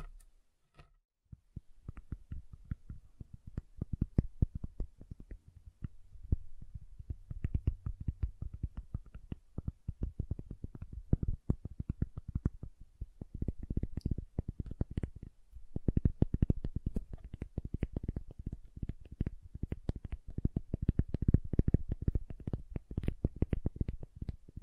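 Tapping and carving on a bar of soap, a dense run of short, crisp clicks and scrapes that starts after a near-silent second or two. The strokes come fast and irregular, with a brief pause around fifteen seconds before they resume just as busily.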